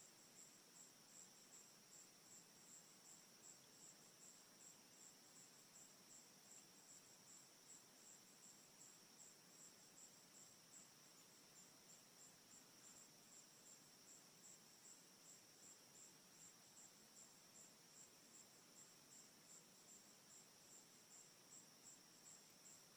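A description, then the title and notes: Sound from a pond, filled with a dense, unbroken chorus of crickets. Their high, thin trilling pulses quickly and evenly for the whole stretch, over a soft, steady outdoor hiss with nothing louder breaking in. 8月、ヴァーモント州にある池の近くでテントを張ったとき。 Appalachian trail 2016 Little rock pond. Pond.sound.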